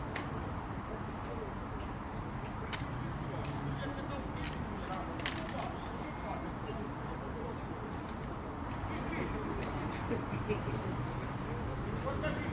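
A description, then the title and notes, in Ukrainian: Chess courtyard in Shevchenko Park, Kyiv, on an ordinary weekday: a steady, dense murmur of many overlapping voices with low traffic rumble underneath. Scattered sharp clicks and taps, likely chess pieces or clocks, sound every second or so throughout. Парк Шевченка, альтанка, Київ. Шаховий дворик, звичайний будній день воєнного Києва.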